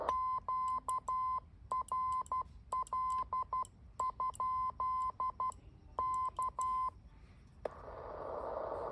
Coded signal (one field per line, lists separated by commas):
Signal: Morse code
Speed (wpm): 12 wpm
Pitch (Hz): 1030 Hz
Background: none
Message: QRL? K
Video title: A trip to the back yard hamming - MFJ-9040 Station